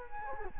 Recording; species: mosquito wingbeat signal from an infrared sensor; Culex quinquefasciatus